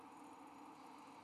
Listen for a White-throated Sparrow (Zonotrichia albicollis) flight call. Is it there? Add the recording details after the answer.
no. No flight call is heard. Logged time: 11:16 on 5 December 2014